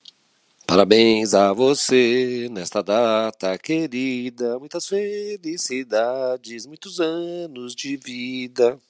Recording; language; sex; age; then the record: short text; Brazilian Portuguese; male; 50 to 59 years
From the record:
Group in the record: control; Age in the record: 59 years